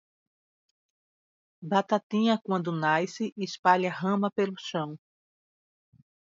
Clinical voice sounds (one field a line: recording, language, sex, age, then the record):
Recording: short text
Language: Brazilian Portuguese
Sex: female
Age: 50 to 59 years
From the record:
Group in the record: control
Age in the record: 55 years